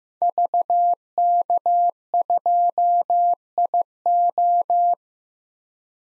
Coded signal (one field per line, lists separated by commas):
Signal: Morse code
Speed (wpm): 15 wpm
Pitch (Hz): 700 Hz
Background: none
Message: VK2IO